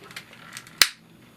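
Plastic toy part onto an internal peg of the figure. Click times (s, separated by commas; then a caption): 0.8 s. A plastic toy part is fitted over a peg inside a 1992 Skyquake & Snare figure, with a few faint clicks as it is worked into place. A single loud, sharp snap at 0.8 s marks the part seating onto the internal peg.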